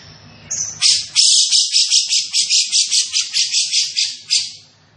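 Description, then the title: Grey-cheeked bulbul bursting in after a short pause into a fast series of rough, buzzy notes that fade away at the end. Described as gacor, calling eagerly and often, with a dense, clear voice. "Cucak Jenggot Gacor, Suara Rapat Dan Jernih"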